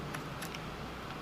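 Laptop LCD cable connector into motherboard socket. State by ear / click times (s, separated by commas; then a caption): not seated / none. A laptop LCD display cable connector is being handled at its motherboard socket during reassembly of a Dell Inspiron 1525 after a beer spill. Faint, sharp ticks and taps sound over a low steady hum, and nothing has seated or clicked yet.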